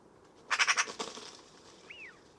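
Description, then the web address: Bird call: a rapid harsh chatter of several rasping pulses, followed shortly by a faint, arched whistled note. "Bird Only More Classes Pi Pi Pi Pi"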